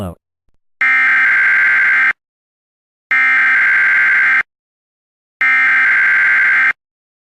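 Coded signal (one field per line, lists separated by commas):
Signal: Emergency Alert System (SAME) tones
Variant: header bursts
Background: speech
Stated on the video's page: Fictional tornado warning for invented towns.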